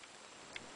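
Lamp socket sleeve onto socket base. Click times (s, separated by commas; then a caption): 0.6 s. The metal outer sleeve of a table lamp socket is pushed down onto the socket base and snaps into place with a single short, sharp click at 0.6 s. The click rises about 20 dB above a steady hiss, and the sleeve is seated.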